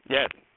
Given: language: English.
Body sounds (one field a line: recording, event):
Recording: throat vibration sensor signal played as sound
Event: speech